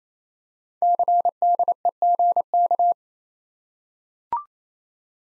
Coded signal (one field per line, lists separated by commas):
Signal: Morse code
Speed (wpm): 29 wpm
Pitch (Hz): 700 Hz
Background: none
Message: CDEGK